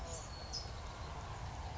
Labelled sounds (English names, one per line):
California Towhee